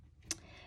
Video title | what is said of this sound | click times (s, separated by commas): DIY BEGINNER SEWING TURTLE PLUSHIE TUTORIAL | back clamps or claps on so you're going to really press until you hear your click | 0.3 s